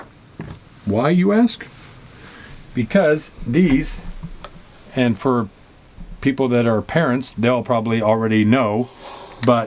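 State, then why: Seated. A cabinet door in a van is closed and its magnetic child-safety lock catches with a small, sharp click at 4.4 s, seating the lock shut. Someone talks before and after the click.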